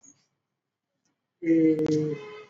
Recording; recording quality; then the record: sustained vowel as in made; moderate, slight background noise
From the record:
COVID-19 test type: RT-PCR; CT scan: not taken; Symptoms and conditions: cough, cold, sore throat, fever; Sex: male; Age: 26 years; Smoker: no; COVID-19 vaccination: both doses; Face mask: worn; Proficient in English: yes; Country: India